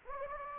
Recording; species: mosquito wingbeat signal from an infrared sensor; Anopheles gambiae